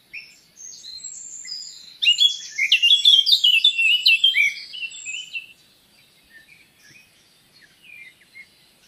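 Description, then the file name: Eurasian blackcap song: a rich burst of warbling notes lasting a few seconds, followed by softer scattered twitters. "Sylvia atricapilla"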